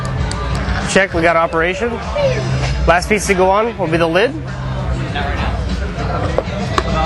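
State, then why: Seated. Someone talks while the lid, the last plastic piece of a Dye Rotor paintball loader, is fitted on. Two sharp snaps are heard at 6.4 s and 6.8 s as the lid locks in with its secondary locking, and the lid is seated.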